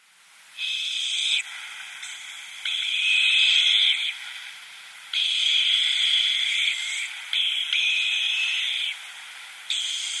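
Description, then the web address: Short-eared owl young making loud, hissing wheezes in drawn-out bouts, separated by brief softer gaps. Downy young. "Schulze Peter Short-eared Owl"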